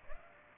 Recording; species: mosquito wingbeat signal from an infrared sensor; Aedes aegypti